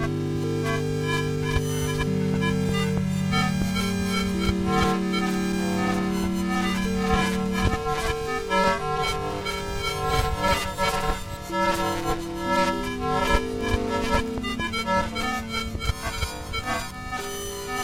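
Electromagnetic interference hums in layered steady low tones that shift pitch every few seconds, under a dense, warbling, chattering buzz throughout.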